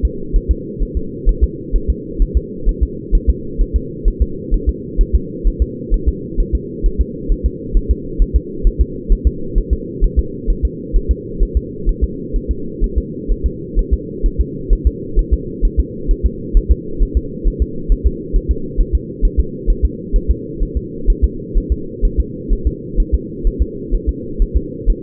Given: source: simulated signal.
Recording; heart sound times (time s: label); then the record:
fetal heart sounds
0.05 s: S2
0.36 s: S1
0.51 s: S2
0.83 s: S1
0.97 s: S2
1.29 s: S1
1.44 s: S2
1.76 s: S1
1.90 s: S2
2.22 s: S1
2.37 s: S2
2.69 s: S1
2.83 s: S2
3.15 s: S1
3.30 s: S2
3.61 s: S1
3.76 s: S2
4.08 s: S1
4.22 s: S2
4.54 s: S1
4.69 s: S2
5.01 s: S1
5.15 s: S2
5.47 s: S1
5.62 s: S2
5.94 s: S1
6.09 s: S2
6.40 s: S1
6.55 s: S2
6.86 s: S1
7.01 s: S2
7.32 s: S1
7.46 s: S2
7.77 s: S1
7.91 s: S2
8.22 s: S1
8.36 s: S2
8.67 s: S1
8.81 s: S2
9.12 s: S1
9.27 s: S2
9.58 s: S1
9.73 s: S2
10.04 s: S1
10.19 s: S2
10.50 s: S1
10.65 s: S2
10.96 s: S1
11.11 s: S2
11.43 s: S1
11.57 s: S2
11.89 s: S1
12.04 s: S2
12.36 s: S1
12.51 s: S2
12.84 s: S1
12.98 s: S2
13.31 s: S1
13.46 s: S2
13.79 s: S1
13.94 s: S2
14.26 s: S1
14.41 s: S2
14.73 s: S1
14.87 s: S2
15.19 s: S1
15.33 s: S2
15.65 s: S1
15.80 s: S2
16.11 s: S1
16.26 s: S2
16.57 s: S1
16.72 s: S2
17.03 s: S1
17.17 s: S2
17.47 s: S1
17.62 s: S2
17.92 s: S1
18.06 s: S2
18.36 s: S1
18.51 s: S2
18.81 s: S1
18.95 s: S2
19.25 s: S1
19.40 s: S2
19.70 s: S1
19.85 s: S2
20.16 s: S1
20.31 s: S2
20.63 s: S1
20.77 s: S2
21.10 s: S1
21.24 s: S2
21.57 s: S1
21.72 s: S2
22.05 s: S1
22.20 s: S2
22.53 s: S1
22.67 s: S2
23.00 s: S1
23.14 s: S2
23.47 s: S1
23.62 s: S2
23.95 s: S1
24.09 s: S2
24.42 s: S1
24.57 s: S2
24.90 s: S1
From the record:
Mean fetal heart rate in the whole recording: 130 bpm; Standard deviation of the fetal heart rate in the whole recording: 2 bpm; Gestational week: 38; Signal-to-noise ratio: -4.3 dB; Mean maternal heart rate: 72 bpm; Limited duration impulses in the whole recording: absent